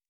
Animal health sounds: hydrophone in a shrimp aquaculture tank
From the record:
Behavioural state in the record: feeding

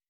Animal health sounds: hydrophone in a shrimp aquaculture tank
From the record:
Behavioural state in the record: weakened

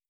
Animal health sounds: hydrophone in a shrimp aquaculture tank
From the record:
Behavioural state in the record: starved

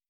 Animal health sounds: hydrophone in a shrimp aquaculture tank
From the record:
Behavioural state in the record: feeding

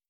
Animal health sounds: hydrophone in a shrimp aquaculture tank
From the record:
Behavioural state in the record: starved

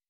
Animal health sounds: hydrophone in a shrimp aquaculture tank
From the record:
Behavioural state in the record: weakened

